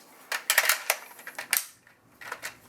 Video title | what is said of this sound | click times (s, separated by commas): Review: Nerf Zombie Strike Doominator Unboxing | And there you go. You'll hear a click. | 0.5 s